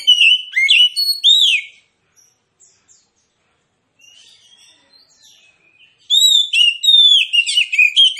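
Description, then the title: Oriental magpie-robin giving loud, slurred whistles in short bursts, a quiet stretch with faint notes, then another energetic volley of rising and falling whistles. Song presented as aggressive, fighting-style song with full, persistent bursts; used as therapy to make magpie-robins reluctant to sing start fighting. "Kacer Langsung Tarung Konslet KACER NGOTOT FULL TEMBAKAN. Kicau Kacer santaiterapi Kacer males bunyi"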